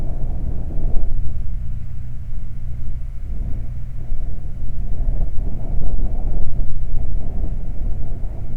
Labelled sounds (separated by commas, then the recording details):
wind
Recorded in the Prudhoe Bay oil fields, Alaska, on 12 July 2019 at 00:06
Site 29